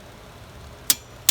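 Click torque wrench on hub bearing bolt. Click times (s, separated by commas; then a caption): 0.9 s, 1.3 s. A small click-type torque wrench set to 74 is turned on a hub bearing bolt during a Chevy Volt bearing hub replacement, the smaller wrench used because the space is tight. After quiet low background noise, two sharp, bright clicks ring out at 0.9 s and 1.3 s. The clicks confirm the wrench has reached its setting.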